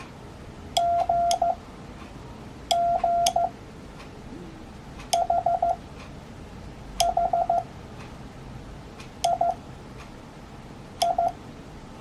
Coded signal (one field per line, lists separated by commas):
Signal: Morse code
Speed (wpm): 14 wpm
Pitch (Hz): 690 Hz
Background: none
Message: G G H H I I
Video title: 모스 부호 배우기 | See & Hear Morse Code | Learn Morse Code #morsecode #hamradio